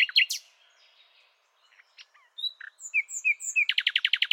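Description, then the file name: Common nightingale song: a few harsh chirps, a quiet pause, then clear whistled notes and a rapid burst of loud, evenly repeated notes at the end. "Luscinia megarhynchos"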